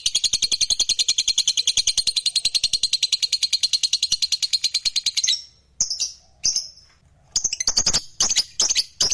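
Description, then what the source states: Lovebird song, a rapid high buzzy chatter for about five seconds that breaks into separate sharp squeaks and a fresh burst of chattering notes. Fighter lovebird singing energetically (gacor).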